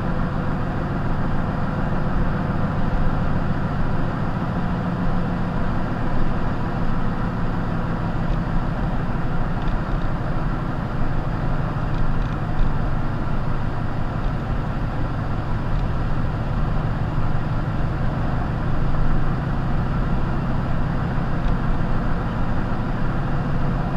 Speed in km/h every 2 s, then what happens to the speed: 61, 61, 61, 58, 55, 53, 52, 50, 50, 53, 55, 56.
0-13 slows to 50.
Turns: none.